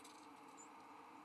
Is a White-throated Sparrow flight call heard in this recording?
no